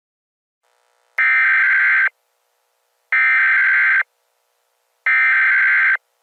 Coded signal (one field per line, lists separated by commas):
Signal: Emergency Alert System (SAME) tones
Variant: header bursts